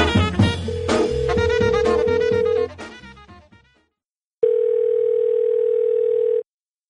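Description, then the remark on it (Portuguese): A steady, single-pitched telephone tone, heard before a call is answered, hums beneath a brief burst of busy, music-like noise, then after a short silence returns alone for about two seconds before cutting off abruptly. “O cara acabou de atender o telefone”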